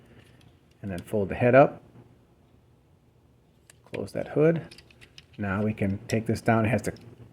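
Someone talks while handling a plastic part of a Transformers Studio Series 86 Devastator Hook and Long Haul Commander Class transforming toy figure, folding the head up, closing the hood and starting to fold the part down into the figure body, with a few faint brief handling ticks around 0.4, 0.7 and 3.7 seconds. The clip ends before the part goes home, so nothing has seated or clicked into place yet.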